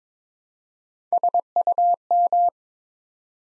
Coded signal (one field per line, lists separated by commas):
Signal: Morse code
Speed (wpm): 22 wpm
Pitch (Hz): 700 Hz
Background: none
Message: SUM